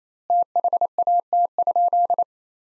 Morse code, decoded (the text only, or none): THAT?